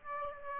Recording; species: mosquito wingbeat signal from an infrared sensor; Aedes aegypti